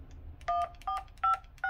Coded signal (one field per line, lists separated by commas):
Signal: DTMF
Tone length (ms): 120 ms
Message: 145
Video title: Updated - $60 Ham (or) GMRS Radio